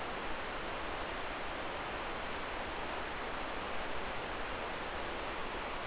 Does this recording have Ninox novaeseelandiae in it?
no